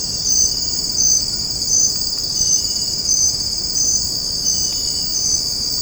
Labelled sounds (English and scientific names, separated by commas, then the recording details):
none
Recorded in secondary vegetation near Puerto Asís, Putumayo, Colombia, on 9 March 2025 at 02:00
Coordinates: 0.481, -76.318
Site G097